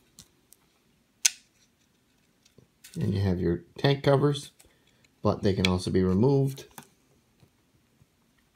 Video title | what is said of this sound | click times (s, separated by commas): How to Magnetize a Predator, Rhino and Whirlwind | then all they do is, once again, because of close proximity, they snap right in place like so. | 1.3 s